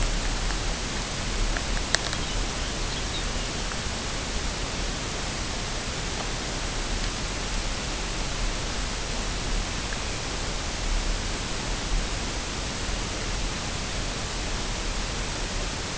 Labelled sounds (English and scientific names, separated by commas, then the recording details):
Lapland Longspur (Calcarius lapponicus)
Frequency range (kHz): Lapland Longspur (Calcarius lapponicus) 2.8-4.8 kHz
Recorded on Arctic tundra, site UTQI-5, on 21 June 2018
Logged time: 14:00